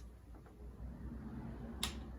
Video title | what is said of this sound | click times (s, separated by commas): 1996 YAMAHA YZ125 2 STROKE REBUILD PT 8 | So there was a click. | 1.8 s